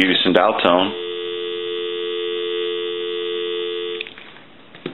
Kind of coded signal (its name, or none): telephone call progress tone